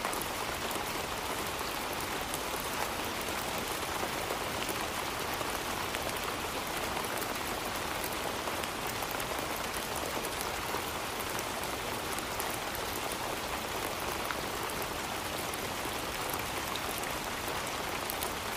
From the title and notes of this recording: Relaxing Summer Rain Sounds.